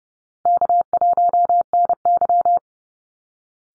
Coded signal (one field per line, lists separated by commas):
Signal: Morse code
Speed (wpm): 30 wpm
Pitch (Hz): 700 Hz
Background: none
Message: K1NY